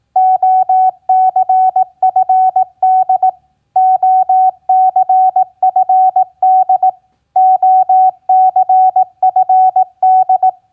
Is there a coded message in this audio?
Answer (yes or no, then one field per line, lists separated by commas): yes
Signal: Morse code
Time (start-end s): 0.2-10.5 s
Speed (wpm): 18 wpm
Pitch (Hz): 750 Hz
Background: none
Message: OCFD OCFD OCFD